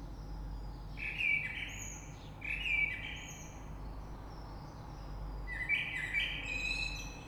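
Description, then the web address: Common blackbird song: short melodious whistled phrases with high squeaky endings, repeated three times across the recording. Recorded 3 March 2020. "oiseaux Rush Merle 3-3-2020"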